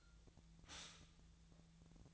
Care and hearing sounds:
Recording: daily activity, microphone in the room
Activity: stop toaster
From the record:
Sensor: 3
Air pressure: 1009.3 hPa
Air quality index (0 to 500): 197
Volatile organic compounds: 16 ppm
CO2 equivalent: 2561 ppm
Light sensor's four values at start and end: 23/58/24/25 and 22/57/23/24

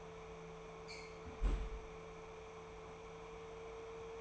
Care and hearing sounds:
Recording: daily activity, microphone in the room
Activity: close fridge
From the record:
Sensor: 1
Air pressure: 1015.0 hPa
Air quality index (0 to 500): 194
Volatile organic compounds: 22 ppm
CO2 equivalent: 2743 ppm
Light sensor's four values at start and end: 18/44/18/21 and 28/69/29/35

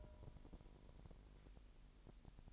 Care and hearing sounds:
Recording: daily activity, microphone in the room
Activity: take from stove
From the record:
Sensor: 5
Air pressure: 1002.1 hPa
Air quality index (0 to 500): 281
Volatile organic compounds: 20 ppm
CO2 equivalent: 2688 ppm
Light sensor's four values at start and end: 20/44/19/21 and 20/43/19/21

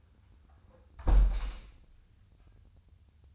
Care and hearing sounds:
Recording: daily activity, microphone in the room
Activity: close window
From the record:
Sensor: 2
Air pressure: 1000.4 hPa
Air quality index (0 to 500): 162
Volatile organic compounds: 3 ppm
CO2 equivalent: 1346 ppm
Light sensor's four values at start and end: 11/31/12/14 and 11/30/11/13

